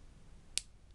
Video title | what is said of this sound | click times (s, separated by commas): TRANSFORMERS PRIME STARSCREAM (DELUXE CLASS) | there's a locking joint inside the swivel joint here. You'll hear it, you click like | 0.6 s